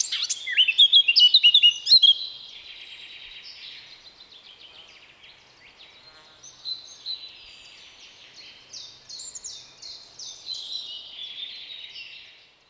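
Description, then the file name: Eurasian blackcap song: a loud burst of rapid varied warbling notes in the first two seconds, then softer scratchy twittering and fainter warbles to the end. "Sylvia atricapilla"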